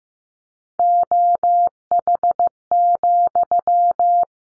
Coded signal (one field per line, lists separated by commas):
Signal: Morse code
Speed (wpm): 15 wpm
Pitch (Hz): 700 Hz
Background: none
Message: OH,